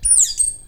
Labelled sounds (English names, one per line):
Stitchbird song